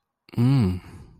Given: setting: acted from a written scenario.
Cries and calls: vocal sound without words; desire

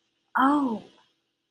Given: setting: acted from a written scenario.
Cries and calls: vocal sound without words; realization

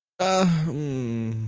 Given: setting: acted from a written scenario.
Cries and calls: vocal sound without words; embarrassment

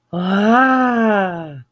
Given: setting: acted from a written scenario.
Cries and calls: vocal sound without words; positive surprise

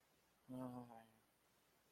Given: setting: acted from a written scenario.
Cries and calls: vocal sound without words; sadness

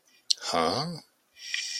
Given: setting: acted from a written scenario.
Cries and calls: vocal sound without words; confusion

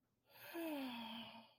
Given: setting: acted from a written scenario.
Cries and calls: vocal sound without words; contentment

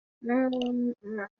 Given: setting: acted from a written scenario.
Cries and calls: vocal sound without words; distress

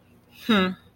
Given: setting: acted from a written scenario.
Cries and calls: vocal sound without words; disappointment

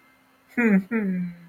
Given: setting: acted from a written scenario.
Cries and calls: vocal sound without words; embarrassment

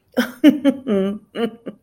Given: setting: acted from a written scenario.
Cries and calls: vocal sound without words; amusement

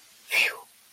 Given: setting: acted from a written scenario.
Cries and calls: vocal sound without words; relief

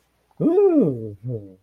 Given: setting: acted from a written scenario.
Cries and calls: vocal sound without words; elation

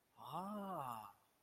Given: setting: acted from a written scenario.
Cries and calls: vocal sound without words; awe

